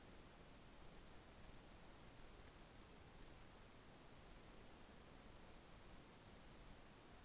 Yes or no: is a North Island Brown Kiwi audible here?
no